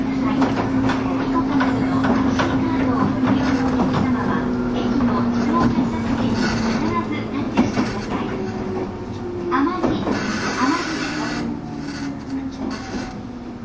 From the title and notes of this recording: 103系 播但線普通 01/01:姫路～寺前. The train running sound on the Bantan Line.